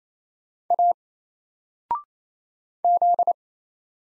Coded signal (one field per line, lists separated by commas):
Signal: Morse code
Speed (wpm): 27 wpm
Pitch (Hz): 700 Hz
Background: none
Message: A Z